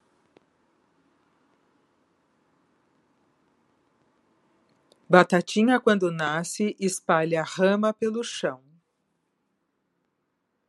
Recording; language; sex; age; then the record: short text; Brazilian Portuguese; female; 50 to 59 years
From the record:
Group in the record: control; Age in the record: 57 years